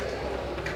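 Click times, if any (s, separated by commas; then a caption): none. A decorative frame bezel is being put back onto a wall-mounted Samsung Frame TV, hanging on its top hooks while small rings at the bottom are pulled down. Faint handling noise is heard, with a brief sharper sound at 0.7 s. Nothing has seated or clicked yet.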